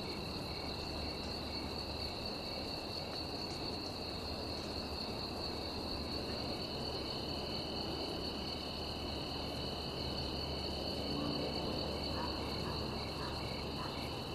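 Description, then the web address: Crickets trilling steadily at high pitch with faint pulsed chirps, over constant low background noise. Recorded in a field near a village. "som de grilos no campo gravado perto da aldeia"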